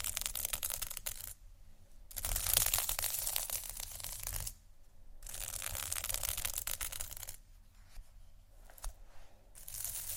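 Scratching sounds come in bursts of dense, bright, crackly rasping, with quiet gaps near 1.5–2, 4.5–5 and 7.5–8.5 seconds. The texture is gritty and papery, like fingernails on a rough surface, with a low steady hum underneath throughout.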